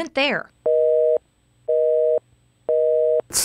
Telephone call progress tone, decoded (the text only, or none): busy tone